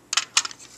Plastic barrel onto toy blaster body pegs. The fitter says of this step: click into the other two holes right on there, right on top of them. Clicks